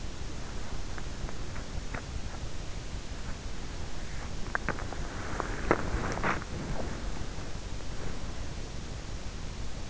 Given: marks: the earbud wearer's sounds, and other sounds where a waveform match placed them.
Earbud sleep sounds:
sounds in sleep by an in-ear microphone; teeth grinding, swallowing, body movement
0.00-2.23 s: teeth grinding
4.06-5.75 s: teeth grinding
5.52-6.33 s: swallowing
6.09-8.50 s: body movement

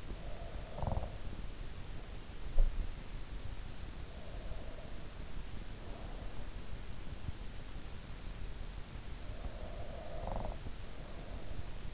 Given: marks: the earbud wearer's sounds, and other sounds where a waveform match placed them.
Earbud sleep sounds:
sounds in sleep by an in-ear microphone; snoring breath
0.00-2.97 s: snoring breath
9.49-11.94 s: snoring breath

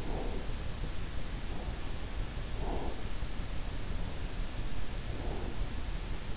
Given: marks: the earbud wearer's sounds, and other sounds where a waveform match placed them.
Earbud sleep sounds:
sounds in sleep by an in-ear microphone; breath
0.00-0.48 s: breath
2.38-3.19 s: breath
5.00-5.97 s: breath

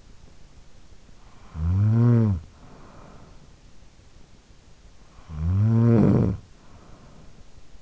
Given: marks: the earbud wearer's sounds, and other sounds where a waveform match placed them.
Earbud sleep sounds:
sounds in sleep by an in-ear microphone; snoring breath
0.90-4.00 s: snoring breath
4.72-7.82 s: snoring breath

